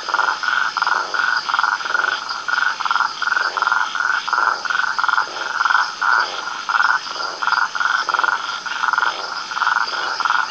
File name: Rhinella castaneotica